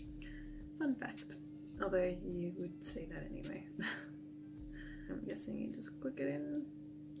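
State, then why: Not seated. A memory card, likely an SD card, is handled at the card slot of a Canon EOS M50 mirrorless camera body while someone talks throughout. Faint handling noises sit under the speech, and nothing has seated or clicked yet; the card is not home by the end.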